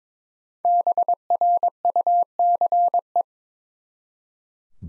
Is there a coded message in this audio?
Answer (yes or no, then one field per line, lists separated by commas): yes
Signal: Morse code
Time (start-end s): 0.6-3.2 s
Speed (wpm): 22 wpm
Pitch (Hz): 700 Hz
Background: none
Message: BRUCE